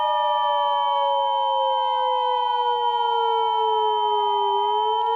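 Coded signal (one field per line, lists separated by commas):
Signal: Emergency Alert System (SAME) tones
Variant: 853 and 960 Hz attention tone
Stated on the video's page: Fictional tornado watch and warning scenario, simulated rather than a real broadcast.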